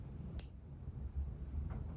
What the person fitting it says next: Okay, there I got a click.